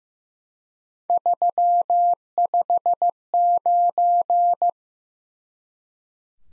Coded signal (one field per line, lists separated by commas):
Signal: Morse code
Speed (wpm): 15 wpm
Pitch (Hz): 700 Hz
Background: none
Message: 359